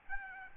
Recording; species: mosquito wingbeat signal from an infrared sensor; Aedes albopictus